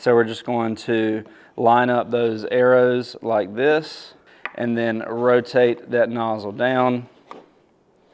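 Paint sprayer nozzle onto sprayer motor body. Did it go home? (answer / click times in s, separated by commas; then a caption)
yes / 7.3 s. Someone talks while lining up the arrows on the plastic spray nozzle of an Avanti HVLP paint sprayer from Harbor Freight with the sprayer motor body and rotating the nozzle down. A sharp click at 7.3 seconds marks the nozzle twist-locking into place on the sprayer body.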